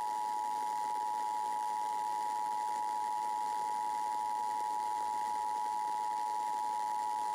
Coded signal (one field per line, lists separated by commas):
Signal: Emergency Alert System (SAME) tones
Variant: 853 and 960 Hz attention tone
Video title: MHV Required Monthly Test (5/8/22)